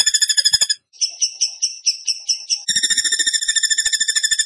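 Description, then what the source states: Bird delivering rapid, ringing, whistled notes in a fast stutter, a brief halt, then choppier repeated phrases before a steady, even trill resumes. Masteran training recording in the tembakan gacor style.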